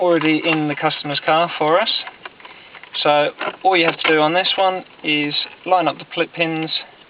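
Someone talks while lining up the pins of a stereo wiring adapter plug to push it into the car harness connector for a Pioneer stereo in a Peugeot 106. A few faint handling ticks come during a pause around 2.3 to 2.8 seconds. Nothing has seated or clicked yet.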